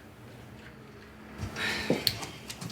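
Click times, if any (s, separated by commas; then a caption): 2.1 s. The strap clasp of a home-incarceration ankle monitor is closed around the ankle unit after checking it is not too tight. A sharp, bright click at 2.1 s follows softer shuffling and rustling, with a fainter tap near 2.5 s. The strap is clicked shut and the monitor is on.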